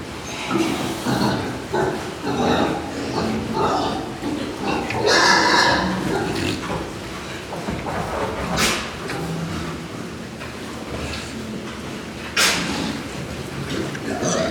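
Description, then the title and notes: Pigs squealing in rapid, uneven bursts, loudest midway, with scattered grunts and occasional sharp clanks over a busy hum. Ambient sound inside a pig farm at Mas Reig. "SBG, Mas Reig - Granja de cerdos. Mas Reig, cerdos. Ambiente en el interior de la granja"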